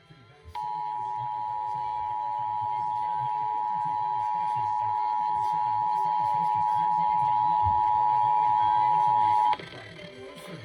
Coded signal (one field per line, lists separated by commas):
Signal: Emergency Alert System (SAME) tones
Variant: 853 and 960 Hz attention tone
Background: speech, music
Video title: Child Abduction Emergency - 04/04/21 (EAS #2,266)